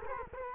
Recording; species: mosquito wingbeat signal from an infrared sensor; Culex quinquefasciatus